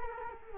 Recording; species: mosquito wingbeat signal from an infrared sensor; Culex quinquefasciatus